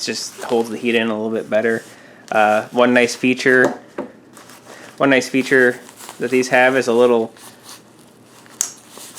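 Someone talks, then fastens the small clip that joins a pair of Fieldsheer heated gloves (Costco item 2622003, Kadena Sportswear), which keeps both gloves together. Softer handling sounds come around 4.0 to 4.5 s and 8.0 to 8.5 s, then a sharp, loud snap at 8.6 s as the clip snaps together and seats.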